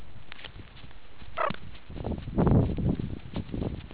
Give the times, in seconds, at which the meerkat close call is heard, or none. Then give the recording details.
1.36-1.52. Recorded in the Kuruman River Reserve, South Africa. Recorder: an audio tag on a meerkat's collar